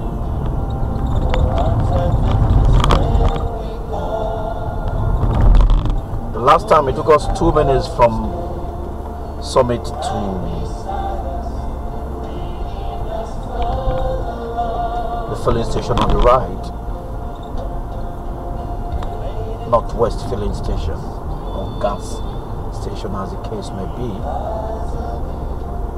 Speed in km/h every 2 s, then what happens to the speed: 53, 52, 50, 50, 50, 50, 52, 52, 50, 50, 50, 52, 52.
0-26 steady at about 50.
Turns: none.